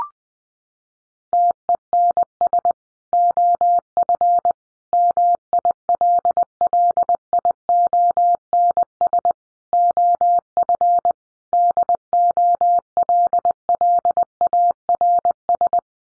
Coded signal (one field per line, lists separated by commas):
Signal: Morse code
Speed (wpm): 20 wpm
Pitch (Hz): 700 Hz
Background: none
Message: TENS OF MILLIONS OF DOLLARS